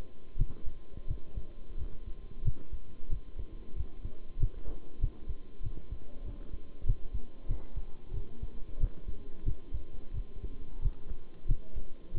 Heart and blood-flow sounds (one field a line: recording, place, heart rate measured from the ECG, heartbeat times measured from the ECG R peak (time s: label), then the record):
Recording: heart sounds by stethoscope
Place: between the tricuspid and mitral areas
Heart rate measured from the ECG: 92 bpm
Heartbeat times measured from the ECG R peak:
0.37 s: heartbeat
1.07 s: heartbeat
1.77 s: heartbeat
2.44 s: heartbeat
3.09 s: heartbeat
3.75 s: heartbeat
4.39 s: heartbeat
5.00 s: heartbeat
5.62 s: heartbeat
6.24 s: heartbeat
6.85 s: heartbeat
7.48 s: heartbeat
8.13 s: heartbeat
8.79 s: heartbeat
9.45 s: heartbeat
10.13 s: heartbeat
10.81 s: heartbeat
11.47 s: heartbeat
12.14 s: heartbeat
From the record:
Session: bicycle stress test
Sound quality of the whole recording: good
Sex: male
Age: 23 years